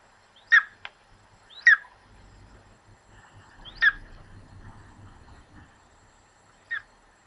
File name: sonido aguila real